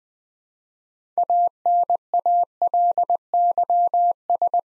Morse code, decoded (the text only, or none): ANALYS